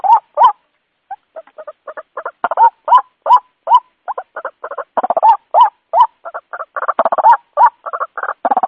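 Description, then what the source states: White-breasted waterhen harsh croaking calls, a rapid series of short rough notes mixed with upslurred nasal notes, with only brief pauses. Lure call for attracting white-breasted waterhens.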